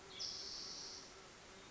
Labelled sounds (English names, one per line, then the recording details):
Spotted Towhee
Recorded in Sonoma County, California